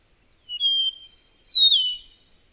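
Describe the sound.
Bird song: a clear whistle that rises, holds, then tumbles downward through bright slurred notes, all in about one and a half seconds.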